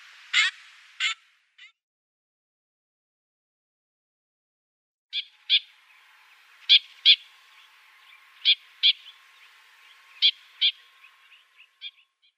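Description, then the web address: Trumpeter finch giving short, sharp, high calls: a pair at the start, then after a pause a string of paired notes, the pairs about a second and a half apart, with a faint steady hum beneath. "Schulze Peter Trumpeter Finch calls"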